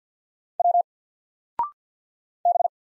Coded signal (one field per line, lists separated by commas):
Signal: Morse code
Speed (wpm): 48 wpm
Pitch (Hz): 700 Hz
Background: none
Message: W B